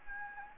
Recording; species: mosquito wingbeat signal from an infrared sensor; Anopheles gambiae